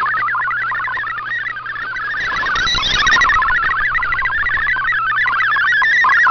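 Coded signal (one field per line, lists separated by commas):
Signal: multi-tone FSK (Olivia or MFSK type)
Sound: fast warbling, hopping musical tones jumping between pitches, like a chirpy computer melody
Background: low hum, radio static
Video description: Here is my decode of the Shortwave Radiogram broadcast today on 7780Khz shortwave radio at 2330UTC in MFSK32, 64 and 8PSK-125F ,250F with 7 SSTV images.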